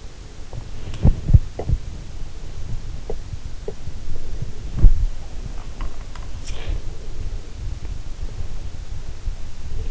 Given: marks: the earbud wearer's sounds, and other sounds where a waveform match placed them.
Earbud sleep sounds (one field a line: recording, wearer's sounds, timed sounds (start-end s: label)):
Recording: sounds in sleep by an in-ear microphone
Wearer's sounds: body movement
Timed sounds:
0.00-6.30 s: body movement